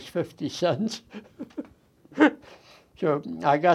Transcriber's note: laughs